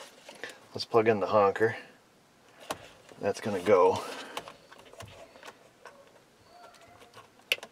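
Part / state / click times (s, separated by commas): steering wheel part (likely the airbag module) into the steering wheel / seated / 7.5 s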